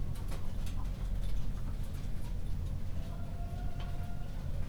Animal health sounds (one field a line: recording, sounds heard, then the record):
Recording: poultry house recording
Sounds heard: healthy chickens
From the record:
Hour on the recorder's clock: 0